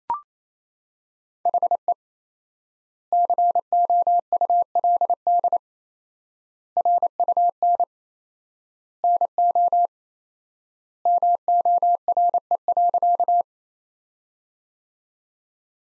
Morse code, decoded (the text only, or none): HE COULD RUN NO MORE.